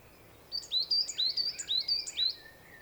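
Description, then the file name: Common chaffinch calls: a fast, even run of several sharp chirping notes, each a quick up-and-down sweep, lasting around two seconds over light hiss. "Fringilla coelebs"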